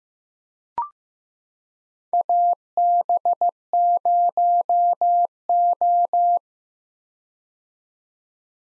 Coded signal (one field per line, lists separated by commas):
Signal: Morse code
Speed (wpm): 15 wpm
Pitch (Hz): 700 Hz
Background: none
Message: AB0O